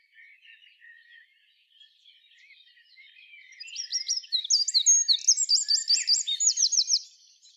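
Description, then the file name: Eurasian wren song building from soft twitters into a loud, fast run of high trilled notes and rattles over about four seconds. "Troglodytes troglodytes"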